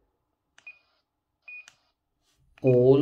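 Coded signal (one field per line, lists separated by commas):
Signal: none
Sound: a radio's key beeps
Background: speech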